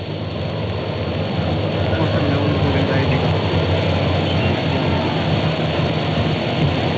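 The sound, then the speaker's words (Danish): An express train and a column of cars, including a radio car, pull away together after a signal, in Denmark, a loud, steady rumble of engines with a low droning hum that holds without pause throughout. “Lyntoget kører frem, og med øjeblik bilerne.”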